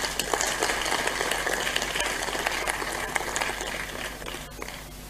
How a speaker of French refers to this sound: Est-ce que quelqu'un est béni? Applaudis pour le Seigneur.